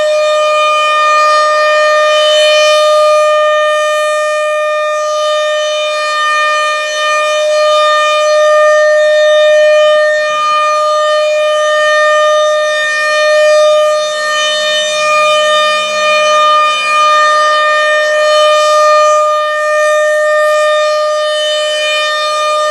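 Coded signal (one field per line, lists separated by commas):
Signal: siren signal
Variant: RM-130 siren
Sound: continuous loud steady siren wail with a rich harmonic tone, slowly swelling and fading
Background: outdoor ambience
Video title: Canon Vixia HF R700 vs Canon HF R800, Camcorder Comparison at RM-130 Siren Test, Menominee Falls, WI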